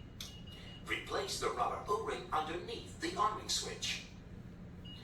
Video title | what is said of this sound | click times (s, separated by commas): OIS 78 OUTCOME3 THEORY | Then straight away, return the switch back up to its initial position until it locates again with a positive click. | 0.2 s